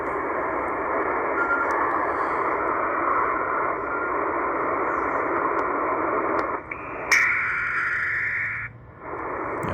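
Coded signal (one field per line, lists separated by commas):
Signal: HF data modem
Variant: HFDL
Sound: steady dense hiss-like digital data roar in a limited band, changing briefly near end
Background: radio static, tuning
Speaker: sounds like it could be even hfdl the high frequency data link Transmissions from aeronautical ground stations I that's what it is yeah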